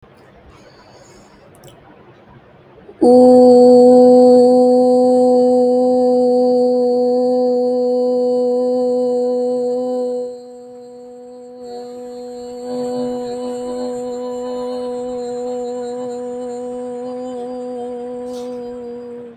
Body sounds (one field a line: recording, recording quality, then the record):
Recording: sustained vowel as in boot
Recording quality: excellent, no background noise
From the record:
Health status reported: healthy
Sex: female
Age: 28 years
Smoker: yes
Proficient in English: yes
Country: India